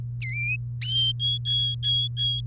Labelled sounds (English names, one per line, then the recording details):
Domestic Canary song
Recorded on 3 May 2018 at 08:40
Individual llb3